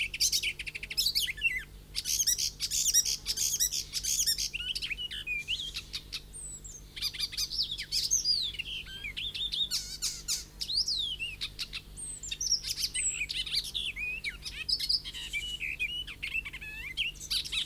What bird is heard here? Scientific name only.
Hippolais icterina